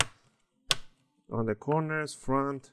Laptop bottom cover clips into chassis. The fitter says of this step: press on the side back end make sure you hear those clicks